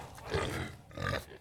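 Guinea hog making two drawn-out, throaty grunts, the first longer than the second.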